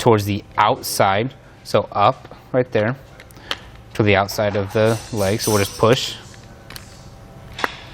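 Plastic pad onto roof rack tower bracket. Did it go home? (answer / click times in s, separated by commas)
yes / 7.6 s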